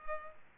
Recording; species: mosquito wingbeat signal from an infrared sensor; Culex pipiens